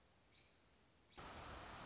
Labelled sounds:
American Robin

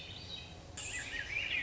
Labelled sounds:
Swainson's Thrush

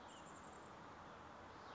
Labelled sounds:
Chestnut-backed Chickadee

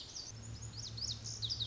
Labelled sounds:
Lazuli Bunting

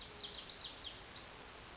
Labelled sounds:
Lazuli Bunting

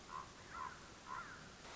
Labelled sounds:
Common Raven

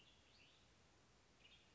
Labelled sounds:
Western Tanager

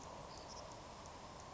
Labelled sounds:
Savannah Sparrow

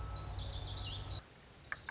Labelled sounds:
Lazuli Bunting

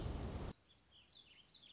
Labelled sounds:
Warbling Vireo

